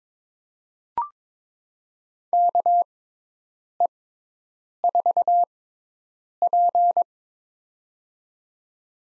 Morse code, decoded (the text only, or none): KE4P